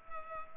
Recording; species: mosquito wingbeat signal from an infrared sensor; Culex pipiens